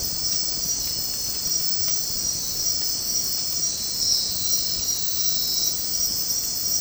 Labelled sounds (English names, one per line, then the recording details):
none
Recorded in dense forest near Puerto Asís, Putumayo, Colombia, on 18 February 2024 at 02:00
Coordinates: 0.503, -76.322
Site G6418